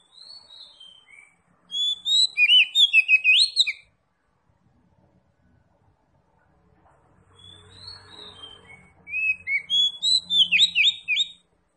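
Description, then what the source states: Oriental magpie-robin song: soft notes, then two bursts of rapid, varied high whistled notes separated by a quiet gap. Local type called Kacer Tretes; described as gacor, meaning singing vigorously.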